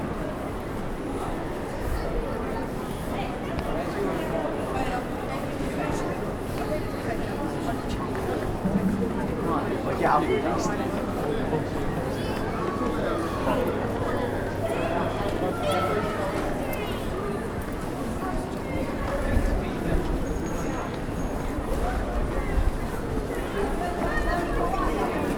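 A crowded street market full of people, with many overlapping voices forming a dense, steady murmur throughout. Individual words and calls rise briefly above the chatter, and a low rumble runs underneath, with a faint high tone near twenty seconds.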